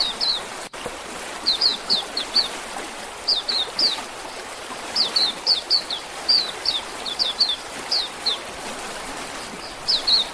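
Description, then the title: Oriental magpie-robin singing clipped, descending whistled notes in clusters of two to four, with short gaps between clusters, against constant background hiss. "Kicau Kacer"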